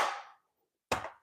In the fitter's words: you want to hear that snap